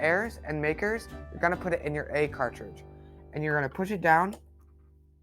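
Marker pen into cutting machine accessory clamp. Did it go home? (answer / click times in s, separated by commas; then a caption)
no / none. A marker pen is being handled for insertion into the accessory clamp A holder of a Cricut cutting machine, to be pushed down until it clicks and its alignment arrow disappears inside the holder. Someone talks over soft background music, and the clip ends before the pen goes home, so nothing has seated or clicked yet.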